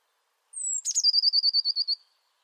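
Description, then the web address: Bird call: a thin, high whistle sliding slightly downward, a sharp click, then a fast, even trill of about a dozen pulsing notes lasting roughly a second. "cianscape birddata Deverinetal 2025 File origin Bird Only Cy Ca"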